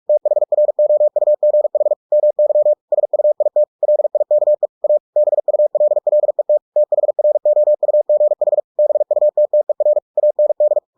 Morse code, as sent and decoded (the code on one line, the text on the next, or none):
- .... .-. --- ..- --. .... / -- -.-- / ... ..- .. - / .-.. .. -.- . / .- / -... ..- .-.. .-.. . - / - .... .-. --- ..- --. .... / -... ..- - - . .-. / .- -. -..
THROUGH MY SUIT LIKE A BULLET THROUGH BUTTER AND